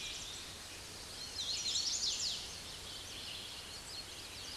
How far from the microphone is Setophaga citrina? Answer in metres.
about 25 m